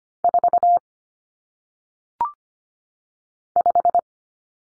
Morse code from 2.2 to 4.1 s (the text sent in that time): 5